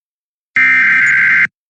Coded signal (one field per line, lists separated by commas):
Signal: Emergency Alert System (SAME) tones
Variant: header bursts